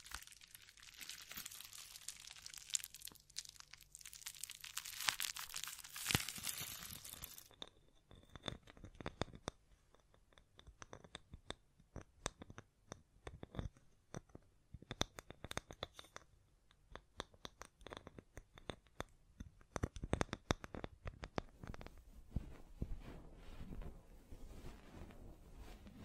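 Brushing and scratching against a microphone fill the first seven seconds with a dense, bright rustle. After that come irregular tapping and scratching hand sounds, short crisp hits in quick clusters with brief pauses. A faint steady tone hums underneath throughout.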